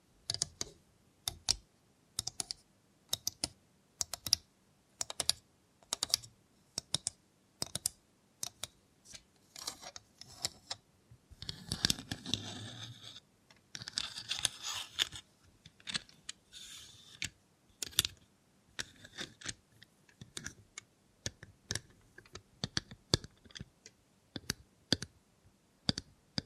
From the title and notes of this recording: Try ASMR with a Robot Hand (No Talking).